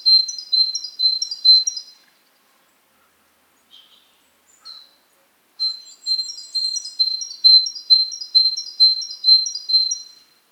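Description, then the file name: Great tit giving a rapid series of high, paired notes, then a pause with a few soft notes before the repeated phrases resume for several seconds. "Parus major"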